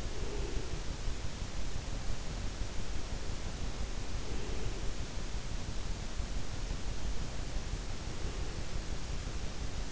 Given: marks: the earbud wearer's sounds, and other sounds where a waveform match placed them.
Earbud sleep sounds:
sounds in sleep by an in-ear microphone; breath
0.00-1.27 s: breath
2.63-5.07 s: breath
6.79-8.87 s: breath

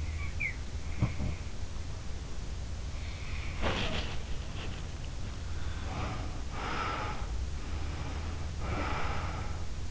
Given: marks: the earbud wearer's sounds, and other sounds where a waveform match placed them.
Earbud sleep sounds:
sounds in sleep by an in-ear microphone; breath
0.00-1.37 s: breath
3.25-6.43 s: breath
6.43-9.71 s: sound from someone else or the room

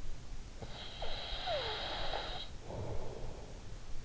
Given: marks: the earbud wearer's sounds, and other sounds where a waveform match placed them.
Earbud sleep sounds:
sounds in sleep by an in-ear microphone; snoring breath
0.42-4.05 s: snoring breath

